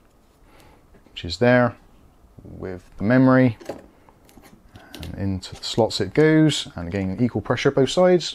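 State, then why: Not seated. A DDR4 memory module is being pressed into a motherboard DIMM slot with equal pressure on both sides while someone talks. Soft clicks and handling noises from around 4.1 to 5.0 seconds come between the speech. Nothing has seated or clicked yet; the clip ends just before the module snaps home and the retention clips engage.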